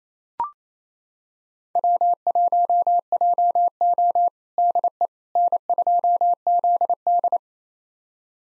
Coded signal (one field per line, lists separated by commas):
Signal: Morse code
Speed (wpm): 27 wpm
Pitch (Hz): 700 Hz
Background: none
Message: W1JO DE N2ZD